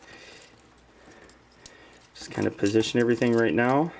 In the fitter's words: possible so we can get those to latch in just